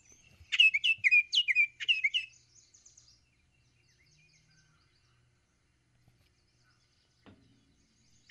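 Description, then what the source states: Baltimore Oriole song, a quick burst of several bright, slurred chirping notes over about two seconds, followed by near silence. Played-back recording.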